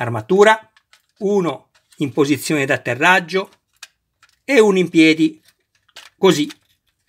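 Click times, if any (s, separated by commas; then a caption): none. Someone talks while pushing a plastic armor part into the upper-body assembly of a large Iron Man Mark III model kit, with a few brief ticks around 3.8 s and 4.2 s. The part has not seated or clicked into place yet.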